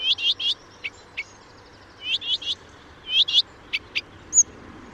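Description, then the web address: Blyth's reed warbler: small songbird giving short groups of clicking, chipping notes with a few isolated ticks and a brief high whistle at the end. "chant didier collin rousserolle des buissons"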